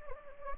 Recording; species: mosquito wingbeat signal from an infrared sensor; Anopheles gambiae